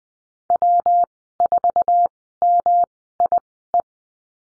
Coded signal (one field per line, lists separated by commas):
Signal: Morse code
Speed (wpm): 20 wpm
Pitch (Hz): 700 Hz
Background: none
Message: W4MIE